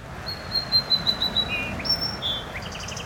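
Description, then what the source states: Song Sparrow singing: a series of clear high whistled notes, then lower tones and a quick buzzy trill, over a steady background hiss. Vashon Highway, Washington State.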